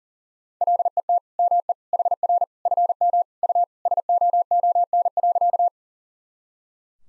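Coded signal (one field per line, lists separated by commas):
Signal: Morse code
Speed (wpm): 40 wpm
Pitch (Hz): 700 Hz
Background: none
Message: LET ME HR FM U SOON.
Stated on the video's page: Morse code head-copy practice at 40 wpm, sentences built from the top 400 words and abbreviations, each sent twice.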